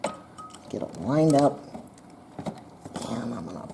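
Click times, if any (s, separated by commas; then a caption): none. A metal lamp-socket outer shell is lined up with the notches on the socket cap before being pushed home, with light handling taps and scrapes while someone talks. Nothing has seated or clicked yet.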